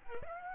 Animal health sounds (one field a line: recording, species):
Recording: mosquito wingbeat signal from an infrared sensor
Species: Aedes aegypti